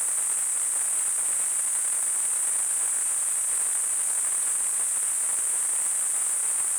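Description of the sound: Simulated tinnitus: a steady, high-pitched hiss centred around 8–9 kHz over a fainter broadband noise, unchanging throughout.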